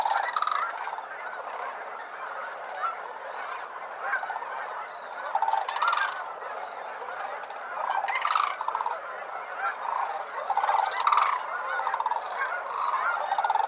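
Sandhill crane, a flock giving rattling, bugled calls in overlapping waves, with louder rolling notes standing out now and then.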